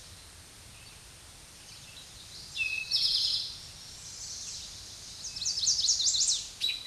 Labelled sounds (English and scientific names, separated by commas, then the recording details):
Eastern Towhee (Pipilo erythrophthalmus) song
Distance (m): 5 m
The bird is about 5 m above the microphone
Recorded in a Pennsylvania forest on 16 May 2024 at 06:09
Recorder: AudioMoth, point MSD-0627
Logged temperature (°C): 14.8 °C
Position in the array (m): 109 m, 6 m